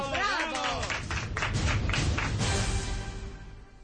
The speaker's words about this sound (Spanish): Un aplauso.